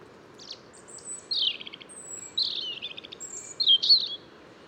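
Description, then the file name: European robin song made of several brief high phrases: a thin whistle, quick descending trills and sharp twittering notes separated by short pauses. "Erithacus rubecula"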